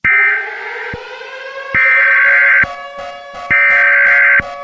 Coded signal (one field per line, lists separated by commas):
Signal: Emergency Alert System (SAME) tones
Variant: header bursts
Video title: EAS Scenario || THE FOG IS COMING